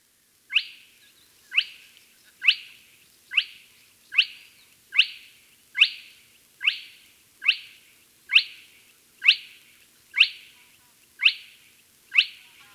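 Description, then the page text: Spotted crake giving a long, steady series of short whiplash 'whit' notes, roughly one each second, against a still background. "Spotted Crake Call Sound Effect. Quick Sounds"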